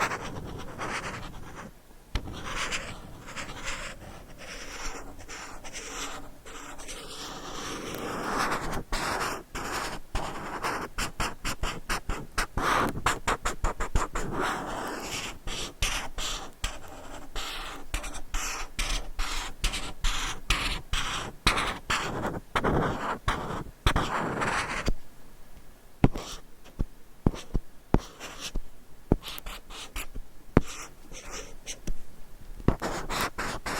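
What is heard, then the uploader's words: Crisp scratching and tapping are dense and busy until about 25 seconds, then thin into sparse, sharp clicks. ASMR Extremely Sensitive Triggers in Your Ears - Intense Trigger Warning! Asmr No Talking for Sleep.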